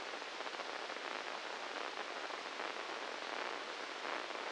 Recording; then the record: brain microelectrode recording played as sound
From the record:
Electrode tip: inside the subthalamic nucleus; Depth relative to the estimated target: -4 mm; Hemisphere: left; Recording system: NeuroSet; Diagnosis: Parkinson's disease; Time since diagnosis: 10 years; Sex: male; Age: 56 years